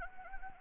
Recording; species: mosquito wingbeat signal from an infrared sensor; Anopheles gambiae